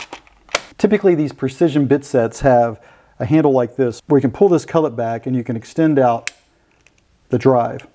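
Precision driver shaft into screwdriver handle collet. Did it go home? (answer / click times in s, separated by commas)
no / none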